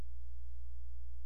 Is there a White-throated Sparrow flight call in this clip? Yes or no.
no